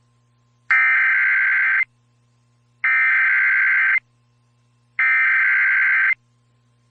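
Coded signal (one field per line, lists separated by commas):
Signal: Emergency Alert System (SAME) tones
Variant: header bursts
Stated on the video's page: Severe thunderstorm and tornado warnings aired on Illinois and Indiana radio stations, captured from live online radio streams.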